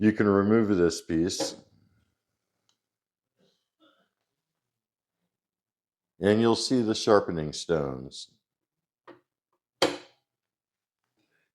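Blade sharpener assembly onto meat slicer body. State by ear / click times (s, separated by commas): seated / 9.8 s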